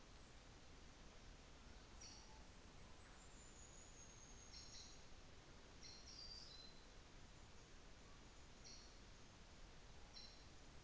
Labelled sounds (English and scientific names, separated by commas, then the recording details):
New Zealand Fantail (Rhipidura fuliginosa)
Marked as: faintness 3/5
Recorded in New Zealand on 24 December 2018
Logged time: 15:45